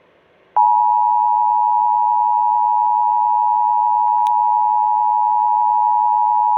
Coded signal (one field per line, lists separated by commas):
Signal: Emergency Alert System (SAME) tones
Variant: 853 and 960 Hz attention tone